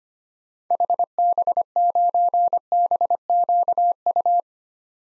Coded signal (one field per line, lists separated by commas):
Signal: Morse code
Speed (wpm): 25 wpm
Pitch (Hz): 700 Hz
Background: none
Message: HB9BQU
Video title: 2023 SOTA Activator Call Signs - 25wpm